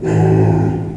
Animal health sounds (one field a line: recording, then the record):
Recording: squeal of a Yucatan mini pig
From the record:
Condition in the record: before surgery on the right vocal fold (resection and tissue-engineered implant)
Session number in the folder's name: 2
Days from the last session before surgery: -15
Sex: female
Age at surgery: 19 weeks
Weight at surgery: 25 kg